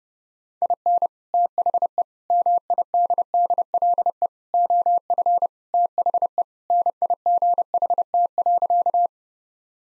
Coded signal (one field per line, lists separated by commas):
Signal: Morse code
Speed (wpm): 32 wpm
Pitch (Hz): 700 Hz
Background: none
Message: IN THE MIDDLE OF THE NIGHT.